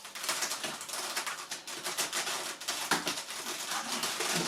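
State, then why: Seated. The second elevator half of a foam Carbon Z 2.1m Cessna 150T RC model airplane is pushed onto the tail joiner amid steady clattery handling noise. It locks into place with a sharp click at 2.9 s, seating the elevator.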